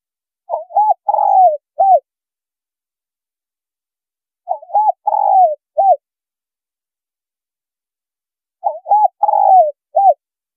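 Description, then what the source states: Spotted dove giving three matching coo phrases, each a pair of brief notes, a longer sliding coo and a clipped closing note, repeated about every four seconds. Female bird.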